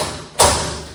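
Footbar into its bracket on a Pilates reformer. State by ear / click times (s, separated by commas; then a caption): seated / 0.4 s. The metal footbar of a Pilates reformer is lifted and moved to a new notch, dropping into its bracket with a single sharp, thud-like click at 0.4 s. The footbar is seated in position.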